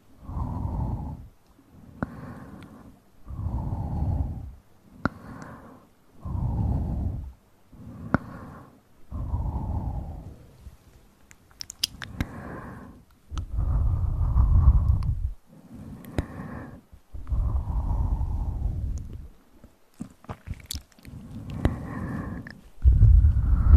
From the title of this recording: Upclose Mouth Sounds, Inaudible Whispering